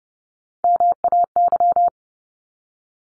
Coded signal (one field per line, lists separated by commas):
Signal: Morse code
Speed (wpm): 30 wpm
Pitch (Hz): 700 Hz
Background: none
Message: MAY